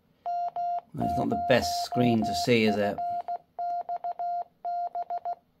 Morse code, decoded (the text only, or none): M0FXB